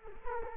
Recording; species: mosquito wingbeat signal from an infrared sensor; Culex quinquefasciatus